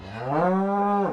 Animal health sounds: contact call of a hoofed animal; cattle; low-frequency (closed-mouth) or high-frequency (open-mouth) call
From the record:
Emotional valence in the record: negative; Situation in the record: full separation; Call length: 1.13 s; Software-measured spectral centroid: 990 Hz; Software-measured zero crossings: 1370 a second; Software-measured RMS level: -24 dBFS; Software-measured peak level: -10 dBFS

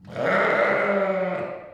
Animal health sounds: contact call of a hoofed animal; sheep; low-frequency (closed-mouth) or high-frequency (open-mouth) call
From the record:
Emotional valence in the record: negative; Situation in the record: short social isolation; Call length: 1.73 s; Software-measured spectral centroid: 1430 Hz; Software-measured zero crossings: 1650 a second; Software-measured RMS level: -23 dBFS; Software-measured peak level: -9 dBFS

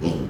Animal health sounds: contact call of a hoofed animal; pig; closed-mouth grunt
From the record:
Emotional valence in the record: negative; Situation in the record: short social isolation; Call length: 0.30 s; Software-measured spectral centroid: 1720 Hz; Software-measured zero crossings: 900 a second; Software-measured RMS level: -24 dBFS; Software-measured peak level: -11 dBFS

